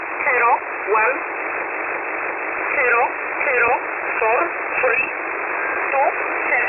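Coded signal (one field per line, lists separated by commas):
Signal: numbers station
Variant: E11 Oblique, English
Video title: 21 05 2021 Number station E11 Oblique in English to Eu 0827 on 4909 unknown tx site in USB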